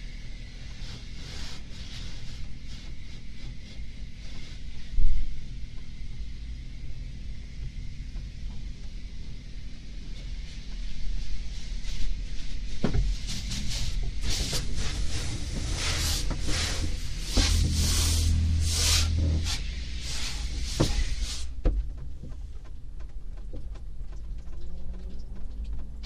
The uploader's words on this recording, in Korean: 자동차 자동세차 안에 들어갔을 때. 지잉지잉 기계음.